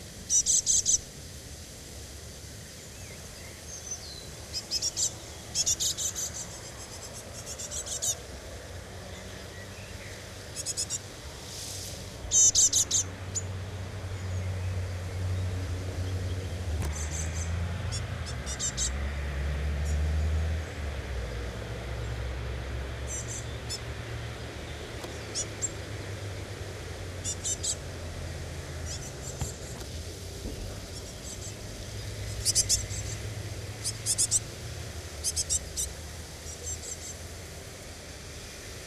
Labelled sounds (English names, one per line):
Great Tit begging call